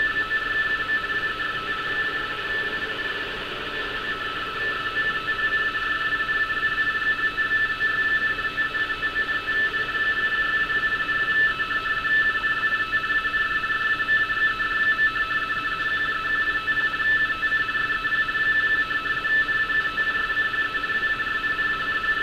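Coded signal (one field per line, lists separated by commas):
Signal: RTTY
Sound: continuous fast warbling between two close tones, steady teleprinter chatter over hiss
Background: radio static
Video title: Decoding RTTY navigation warnings from Hamburg, Germany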